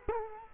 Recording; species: mosquito wingbeat signal from an infrared sensor; Culex quinquefasciatus